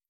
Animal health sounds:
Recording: hydrophone in a shrimp aquaculture tank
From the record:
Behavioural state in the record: stressed

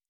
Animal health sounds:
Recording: hydrophone in a shrimp aquaculture tank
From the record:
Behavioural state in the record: normal

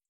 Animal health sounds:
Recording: hydrophone in a shrimp aquaculture tank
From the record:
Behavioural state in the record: feeding

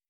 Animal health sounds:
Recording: hydrophone in a shrimp aquaculture tank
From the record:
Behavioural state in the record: starved

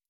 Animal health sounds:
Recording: hydrophone in a shrimp aquaculture tank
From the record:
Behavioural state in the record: stressed

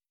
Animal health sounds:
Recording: hydrophone in a shrimp aquaculture tank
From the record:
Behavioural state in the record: starved

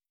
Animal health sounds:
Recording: hydrophone in a shrimp aquaculture tank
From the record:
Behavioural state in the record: starved

